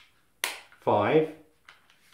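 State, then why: Seated. A Manfrotto Pixi Evo tripod leg is moved to the next stop, and the mechanism clicks into its detent at 0.4 s. Someone then talks briefly, and a few faint ticks follow. The leg is seated at the fifth leg position.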